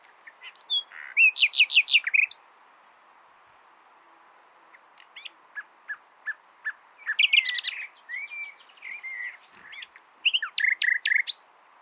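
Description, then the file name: Common nightingale song: a rapid rattling run of repeated notes, a pause, then varied chirps and whistles ending in another fast series. "Luscinia megarhynchos"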